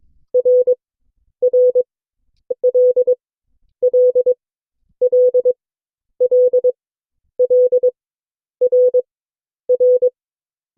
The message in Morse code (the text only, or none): R R L L L L L R R